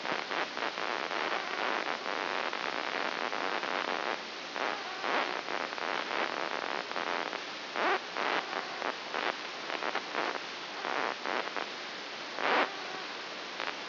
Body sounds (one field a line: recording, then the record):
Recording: brain microelectrode recording played as sound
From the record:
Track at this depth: inside the subthalamic nucleus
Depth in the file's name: 4.201 mm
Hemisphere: right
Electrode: 2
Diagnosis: Parkinson's disease